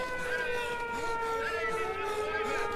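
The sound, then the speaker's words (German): An air raid siren wails steadily in Hiroshima, Japan, in 1945, a sustained layered tone whose pitch slowly rises and dips in gentle glides, holding at a moderately loud, even level. “Schon wieder Fliegeralarm!”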